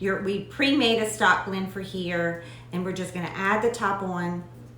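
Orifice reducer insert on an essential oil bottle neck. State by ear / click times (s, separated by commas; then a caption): not seated / none. A plastic orifice reducer top is being pressed onto the neck of a glass essential-oil bottle holding a pre-made stock blend while someone talks throughout. The reducer has not snapped or seated on the bottle yet.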